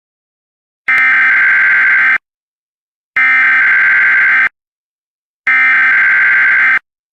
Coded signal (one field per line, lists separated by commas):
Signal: Emergency Alert System (SAME) tones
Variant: header bursts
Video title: EAS MOCK 12: ALL OF ARKANSAS